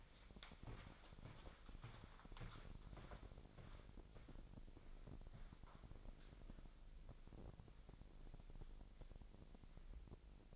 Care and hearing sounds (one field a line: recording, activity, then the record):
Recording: daily activity, microphone in the room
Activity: walk to room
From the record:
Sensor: 5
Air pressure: 999.5 hPa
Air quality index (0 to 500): 215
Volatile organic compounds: 18 ppm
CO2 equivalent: 2625 ppm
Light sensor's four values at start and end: 33/74/30/29 and 34/80/32/31